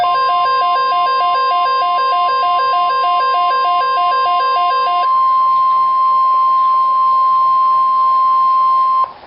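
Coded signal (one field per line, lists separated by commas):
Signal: Emergency Alert System (SAME) tones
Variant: 1050 Hz attention tone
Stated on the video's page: Severe thunderstorm watch SAME alert received on a WR-100 weather radio.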